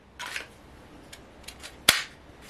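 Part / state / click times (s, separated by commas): knife blade into Kydex sheath / seated / 1.9 s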